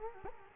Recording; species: mosquito wingbeat signal from an infrared sensor; Culex quinquefasciatus